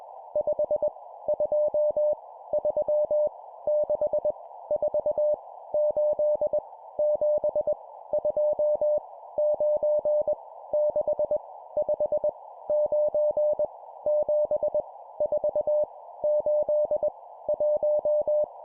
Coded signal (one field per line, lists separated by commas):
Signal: Morse code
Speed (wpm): 21 wpm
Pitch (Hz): 600 Hz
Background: none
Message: 5 2 3 6 4 8 7 2 9 6 5 9 7 4 8 1